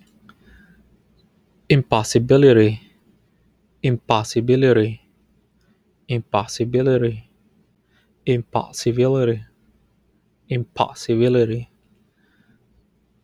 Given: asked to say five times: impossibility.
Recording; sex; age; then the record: repeated word; male; 30 to 39 years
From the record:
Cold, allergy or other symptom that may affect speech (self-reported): no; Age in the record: 32 years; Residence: Utah, United States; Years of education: 12